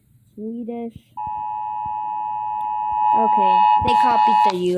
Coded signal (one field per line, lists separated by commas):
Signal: Emergency Alert System (SAME) tones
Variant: 853 and 960 Hz attention tone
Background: speech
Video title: rating eas alarms